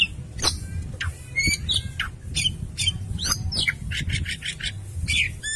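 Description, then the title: Oriental magpie-robin song: a rapid run of harsh squawky notes mixed with sharp whistles and bright chips, with a steady low rumble underneath. "Kacer"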